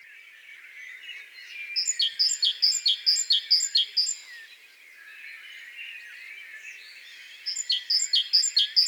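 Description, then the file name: Great tit calling in quick runs of high, two-part notes, twice, over a steady chorus of birds. "Parus major"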